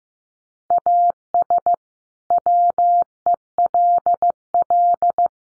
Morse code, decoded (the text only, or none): AS WELL